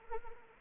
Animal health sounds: mosquito wingbeat signal from an infrared sensor; Anopheles arabiensis

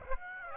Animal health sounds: mosquito wingbeat signal from an infrared sensor; Aedes aegypti

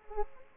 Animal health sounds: mosquito wingbeat signal from an infrared sensor; Culex pipiens

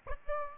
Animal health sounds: mosquito wingbeat signal from an infrared sensor; Aedes aegypti

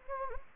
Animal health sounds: mosquito wingbeat signal from an infrared sensor; Anopheles gambiae

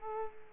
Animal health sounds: mosquito wingbeat signal from an infrared sensor; Culex quinquefasciatus

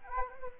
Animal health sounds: mosquito wingbeat signal from an infrared sensor; Anopheles arabiensis

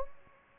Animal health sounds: mosquito wingbeat signal from an infrared sensor; Anopheles gambiae

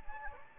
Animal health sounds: mosquito wingbeat signal from an infrared sensor; Anopheles gambiae

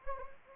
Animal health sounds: mosquito wingbeat signal from an infrared sensor; Anopheles gambiae

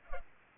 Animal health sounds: mosquito wingbeat signal from an infrared sensor; Culex pipiens

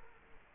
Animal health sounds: mosquito wingbeat signal from an infrared sensor; Culex quinquefasciatus

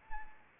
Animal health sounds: mosquito wingbeat signal from an infrared sensor; Anopheles arabiensis

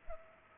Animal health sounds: mosquito wingbeat signal from an infrared sensor; Culex pipiens

